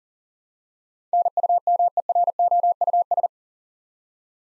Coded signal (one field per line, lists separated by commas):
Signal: Morse code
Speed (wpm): 43 wpm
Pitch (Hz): 700 Hz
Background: none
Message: NUMEROUS